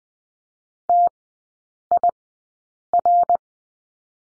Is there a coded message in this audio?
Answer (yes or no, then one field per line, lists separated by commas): yes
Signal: Morse code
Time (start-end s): 0.9-3.4 s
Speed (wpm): 20 wpm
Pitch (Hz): 700 Hz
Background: none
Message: TIR